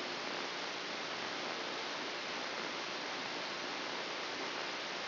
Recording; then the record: brain microelectrode recording played as sound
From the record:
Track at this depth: outside the subthalamic nucleus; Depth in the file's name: 7.504 mm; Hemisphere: left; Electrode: 2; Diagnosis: Parkinson's disease